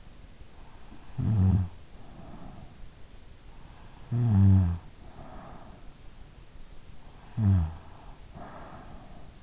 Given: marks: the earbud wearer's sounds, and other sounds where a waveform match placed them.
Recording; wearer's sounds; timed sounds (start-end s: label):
sounds in sleep by an in-ear microphone; snoring breath
0.85-2.74 s: snoring breath
3.97-6.11 s: snoring breath
7.15-9.43 s: snoring breath